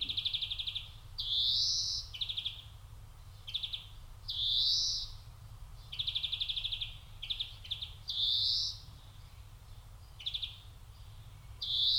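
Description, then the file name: European greenfinch mixing short rattling trills with drawn-out rising wheezes, several of each throughout, low steady noise below. "Chloris chloris"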